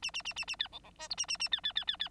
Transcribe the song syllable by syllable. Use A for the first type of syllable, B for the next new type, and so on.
A A A A A B C C D E A A A B B B B B